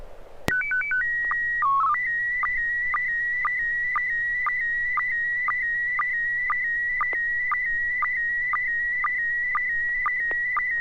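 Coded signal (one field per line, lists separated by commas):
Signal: SSTV (slow-scan television)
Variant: PD 120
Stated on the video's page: SSTV net on an FM repeater at 441.300 MHz, images sent with MMSSTV software.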